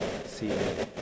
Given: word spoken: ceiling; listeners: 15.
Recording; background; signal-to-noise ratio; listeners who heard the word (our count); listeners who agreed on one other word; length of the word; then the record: one English word in noise, from a listening test; noise modulated by three-talker babble; -4.6 dB; 5 of 15; 6 of 15; 0.62 s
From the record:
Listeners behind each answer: 6, 5, 1, 1, 1, 1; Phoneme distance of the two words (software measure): 21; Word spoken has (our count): 2 syllables, 5 phonemes, stress on syllable 1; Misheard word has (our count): 1 syllable, 2 phonemes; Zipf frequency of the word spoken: 4.29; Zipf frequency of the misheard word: 5.20